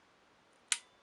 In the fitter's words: you hear it click and then you can let it go